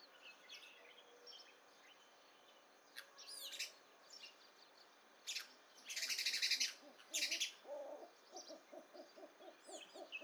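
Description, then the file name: House sparrow chirps: several harsh, buzzy bursts, then a run of lower, rapid pulsed notes; faint whistles behind. "Passer domesticus"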